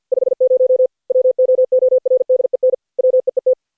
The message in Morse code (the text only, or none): 50 WOORDEN WEET